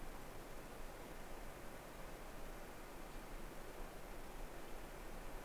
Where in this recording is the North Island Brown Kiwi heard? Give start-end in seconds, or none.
none